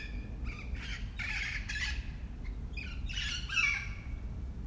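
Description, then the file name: Parakeet squawks in short harsh bursts, several grating calls in quick succession with brief gaps, over low background rumble. "FR-3 Parakeets"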